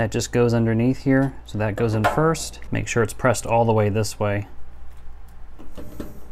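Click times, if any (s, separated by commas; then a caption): none. A plastic bleach dispenser is being reinstalled in a top-load washer at the agitator/tub rim, with its front tab slid underneath first and pushed all the way in one direction while someone talks. A couple of faint handling taps follow near 5.8 s and 6.0 s. The dispenser has not yet been pressed down and nothing has clicked or seated.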